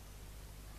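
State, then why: Not seated. The inner barrel of an Aurora Blue rebreather bailout valve is being slid into its outer barrel and pushed toward its seated position. Only a steady, even hiss of broadband noise is heard, with no sharp hit or transient. Nothing has clicked or seated yet.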